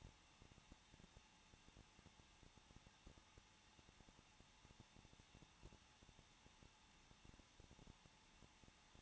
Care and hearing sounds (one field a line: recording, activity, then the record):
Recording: daily activity, microphone in the room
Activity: no activity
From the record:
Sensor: 1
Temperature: 20.1 degrees Celsius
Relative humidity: 39.4%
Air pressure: 1006.4 hPa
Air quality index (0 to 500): 219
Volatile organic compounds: 81 ppm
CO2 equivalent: 3619 ppm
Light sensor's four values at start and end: 1/2/1/1 and 1/2/1/1